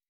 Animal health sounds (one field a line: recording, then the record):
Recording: hydrophone in a shrimp aquaculture tank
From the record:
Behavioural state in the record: weakened